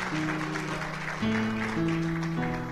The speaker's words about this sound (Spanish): Denle un aplauso a Cristo, iglesia. Denle un aplauso a Cristo, qué lindo, hermanos.